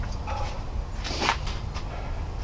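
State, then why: Not seated. A click-type torque wrench tightens a cylinder head bolt on a flathead engine block, with short ratcheting bursts peaking around 1.3 s over a low background rumble. The wrench has not clicked at its setting yet, and the bolt threads feel close to giving.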